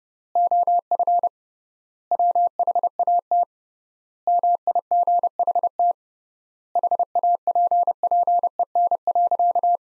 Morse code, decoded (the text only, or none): OF WHAT MIGHT HAPPEN.